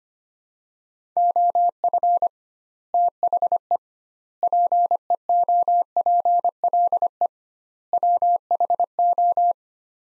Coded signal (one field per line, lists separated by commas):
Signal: Morse code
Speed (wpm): 25 wpm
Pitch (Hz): 700 Hz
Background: none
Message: OF THE PEOPLE WHO